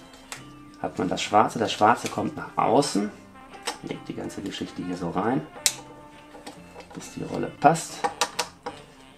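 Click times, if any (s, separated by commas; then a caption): 8.4 s, 8.7 s. A new medium-format film roll is laid into the film insert of a Mamiya 645 camera, pushed in until it fits, and then clipped into the spool holders while someone talks. Two sharp clicks at 8.4 s and 8.7 s mark the roll spool seating correctly in the insert.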